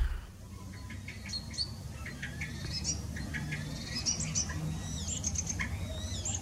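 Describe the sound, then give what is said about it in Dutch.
A common starling sings a varied jumble of high whistles, chirps and rising squeaky notes in quick succession, over a steady low rumbling background. “Een spreeuw is het.”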